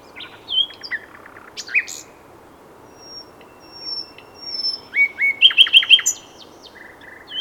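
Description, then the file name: Common nightingale giving scattered whistled and chirping notes, then a short run of quick repeated upslurred notes. "Luscinia megarhynchos"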